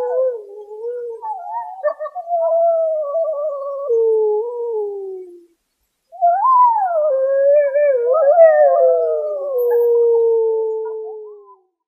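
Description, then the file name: Iberian wolf: iberian wolves howling together, long wavering notes drifting downward, a gap of silence midway, then a rising howl that breaks into overlapping falling tones. A pack howling at night. "Iberian wolf pack howling at night Lobos ibéricos aullando en la noche DURMIENDO CON LOBOS"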